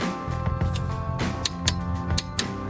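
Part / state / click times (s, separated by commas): torque wrench tightening a spark plug into the cylinder head / torque reached / 1.5 s, 1.7 s, 2.2 s, 2.4 s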